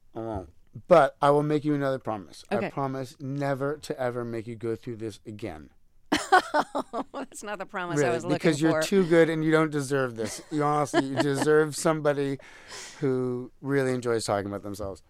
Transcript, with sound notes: But I will make you another promise.
OK.
I promise never to ever make you go through this again.
(LAUGHTER)
Oh, that's not the promise I was looking for.
Really. Because you're too good and you don't deserve this. No, honestly. You deserve somebody who really enjoys talking about themselves.